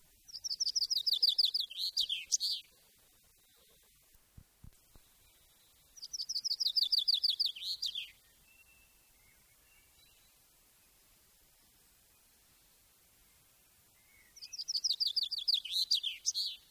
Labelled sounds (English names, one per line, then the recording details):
Common Chaffinch song
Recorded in the wild
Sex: male
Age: adult
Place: Garmisch-Partenkirchen, Bayern, DE
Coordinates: 47.4964, 11.0903
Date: 1966-04-12
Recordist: Tretzel, Erwin
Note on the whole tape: Garmisch Partenkirchen, Kurgarten. Männchen: Gesang